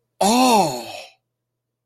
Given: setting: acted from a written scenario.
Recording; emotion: vocal sound without words; realization